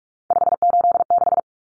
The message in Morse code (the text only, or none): 586